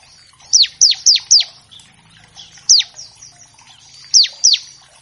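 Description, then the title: Bar-winged Prinia song: loud, sharply descending chirps given in a run of four, then singly and in a pair, with faint twittering behind. Master track for training captive songbirds of all kinds, meant as a lure to get birds singing quickly. "Masteran Ciblek Gacor Vs Kenari Gacor Untuk Masteran Semua Jenis Burung. Pancingan Ciblek bahan agar cepat bunyi. Burung Ciblek"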